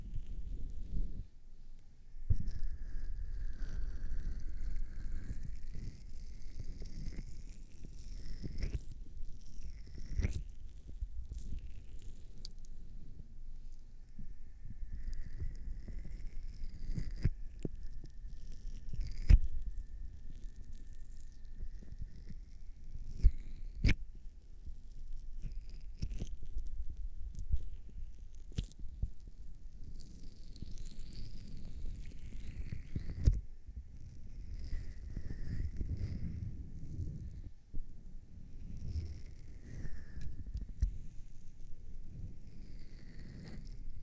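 Ear cleaning and massaging: soft rubbing and scratching sounds sit low and constant, with bursts of brighter crinkly rustle coming and going throughout. Sharp clicks and taps pop out every few seconds, and a thin steady whistle-like tone appears briefly around the middle.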